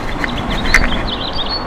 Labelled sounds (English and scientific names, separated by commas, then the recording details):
House Finch (Haemorhous mexicanus) song
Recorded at Westbury on Long Island, New York, on 27 May 2013
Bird A